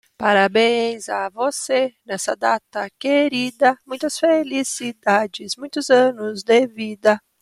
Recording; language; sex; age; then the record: short text; Brazilian Portuguese; female; 40 to 49 years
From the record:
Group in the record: control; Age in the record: 41 years